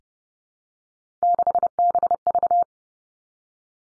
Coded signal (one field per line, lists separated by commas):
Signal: Morse code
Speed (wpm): 30 wpm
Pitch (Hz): 700 Hz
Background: none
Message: 6BV